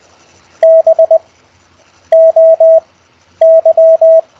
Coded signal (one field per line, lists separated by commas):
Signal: Morse code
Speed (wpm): 20 wpm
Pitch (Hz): 650 Hz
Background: none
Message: BOY